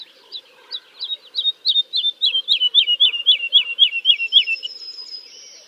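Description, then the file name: Woodlark song: a rapid series of many slurred notes that drift slightly lower. "kicau master woodlark omkicau"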